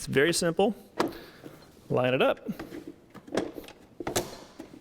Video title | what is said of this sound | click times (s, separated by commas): Flex Stack Pack Storage System - Full Review and Walkthrough | press it in you don't have to push the button to press it in you'll hear it click and it's secure | 4.1 s